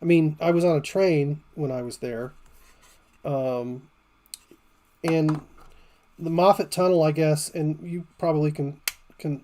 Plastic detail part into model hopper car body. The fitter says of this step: there we go do you guys hear that do you guys hear that snap finally got in there